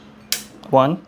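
A timing chain tensioner ratchet on an engine, from a K24 rebuild, is pushed by hand to advance it. A sharp metallic click at 0.3 s marks the ratchet seating one notch, and someone then talks.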